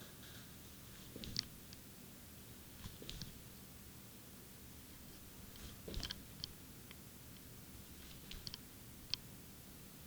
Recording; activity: daily activity, guitar pickup as the sensor; jump